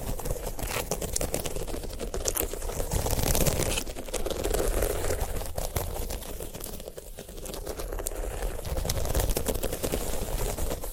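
Dry crinkling and crunching comes from handling a sunflower head, a dense stream of tiny ticks and scratches with no pauses. Small snaps and tearing sounds keep popping through, a little busier around three seconds and again near nine.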